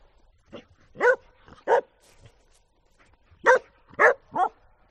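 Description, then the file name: Dog giving sharp barks, a soft one then two loud ones, a gap, and a closing trio of barks in quick succession. "audio hero Dog"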